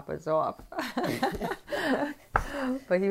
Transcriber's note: laughter